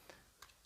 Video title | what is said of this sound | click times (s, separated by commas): Galaxy Buds Plus Clone Live Unboxing 2020 | open it up the the top is quite heavy duty and it locks into place like | 0.1 s, 0.4 s